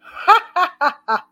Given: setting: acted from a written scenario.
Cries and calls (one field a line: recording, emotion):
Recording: vocal sound without words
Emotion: amusement